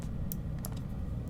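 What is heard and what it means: A micro SD card is pushed upside down into the card slot of an EZVIZ C6 2K indoor smart home security camera until it latches. A sharp, bright click at 0.3 s marks the card seating, followed by a softer tick around 0.7 s over a low background hum. The card is seated in the slot.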